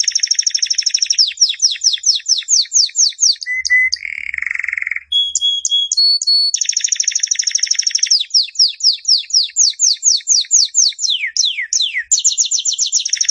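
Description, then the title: Canary song of rapid high trills and runs of repeated falling whistles, broken by a brief low churring phrase and short piping notes. Master song for training canaries. "Suara Burung Kenari Masteran"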